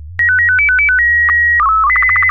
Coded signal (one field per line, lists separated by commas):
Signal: SSTV (slow-scan television)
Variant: Robot BW 8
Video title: Some DX Headlines - The History of Telegraphy